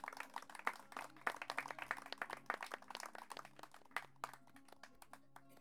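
A crowd applauds, with many irregular, overlapping claps sustained over several seconds at a fairly quiet, steady level, with no voices on top.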